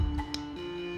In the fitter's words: Clicks right in there.